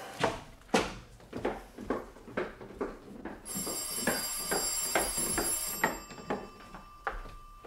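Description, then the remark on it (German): A telephone rings with a bright, high electronic trill partway through, sustained for a couple of seconds, over a steady series of soft, regular thuds like footsteps. “Das Telefon. Ich gehe schnell runter.”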